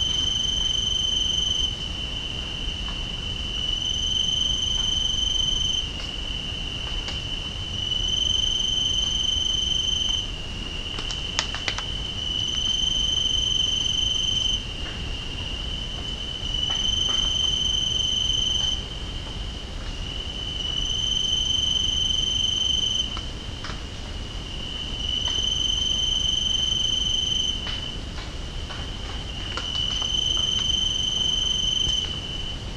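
Cicadas sing on a summer night in a shrill, bright, steady buzz that comes in regular phrases of about four seconds, each separated by a brief pause. A low, constant rumble, like traffic, runs underneath throughout, with a few faint clicks.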